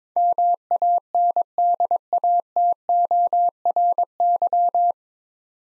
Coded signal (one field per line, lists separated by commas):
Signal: Morse code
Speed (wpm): 22 wpm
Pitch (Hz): 700 Hz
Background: none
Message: MANDATORY